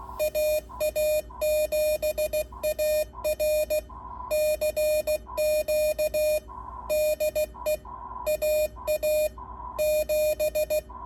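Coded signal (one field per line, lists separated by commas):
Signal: Morse code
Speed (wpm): 16 wpm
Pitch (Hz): 610 Hz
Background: none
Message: AA7AR CQ DE AA 7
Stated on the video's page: Morse CQ on 40 metres from a Hammertone Sierra rig fitted with a KC-1 keyer.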